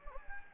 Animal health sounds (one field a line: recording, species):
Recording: mosquito wingbeat signal from an infrared sensor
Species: Anopheles gambiae